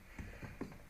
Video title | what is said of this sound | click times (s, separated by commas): Sea Doo Spark Impeller and wear ring install | of course it's on a trailer so it's pushing then it just clicks right in there | 0.6 s